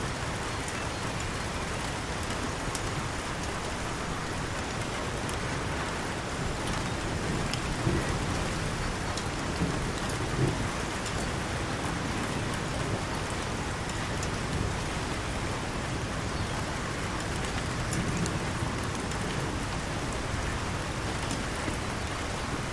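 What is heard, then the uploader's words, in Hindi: Light rain falls steadily on the surface of a calm canal, a soft, even patter of drops that holds at one level throughout. Occasional sharper drips and faint brief high sounds stand out now and then, around eight and ten seconds. नदी पर बूँदें. हलकी बूँदें एक शांत कैनाल की सतह को चुमती हैं.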